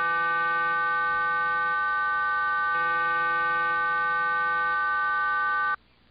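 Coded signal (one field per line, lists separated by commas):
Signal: numbers station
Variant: HM01 RDFT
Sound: steady chord of many parallel tones with a slight buzz, ending abruptly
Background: radio static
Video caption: all previous RDFT sequences*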